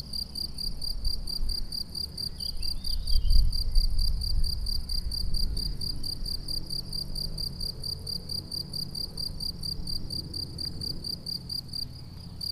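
Crickets give a continuous high pulsed chirping at an even rhythm, over a low rumble of background noise with a few faint squeaky notes early on.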